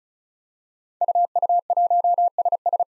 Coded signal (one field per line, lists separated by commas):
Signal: Morse code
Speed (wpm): 36 wpm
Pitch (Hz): 700 Hz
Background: none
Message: UU1SS